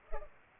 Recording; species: mosquito wingbeat signal from an infrared sensor; Culex pipiens